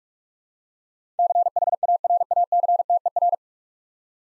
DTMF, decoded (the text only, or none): none